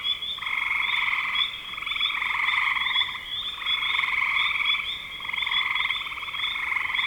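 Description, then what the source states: Frogs in chorus, overlapping bursts of fast pulsed trills with brief lulls between them. Recorded in spring 2025.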